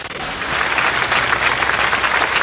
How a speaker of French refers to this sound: Pas de cris, juste des mains anonymes qui applaudissent. Dernier salut à Julie et Mélissa.